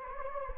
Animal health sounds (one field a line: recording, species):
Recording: mosquito wingbeat signal from an infrared sensor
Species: Anopheles gambiae